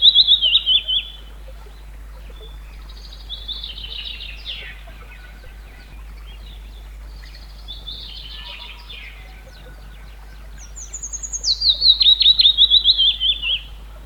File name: Golosa ptic i zverei - Penochka-vesenichka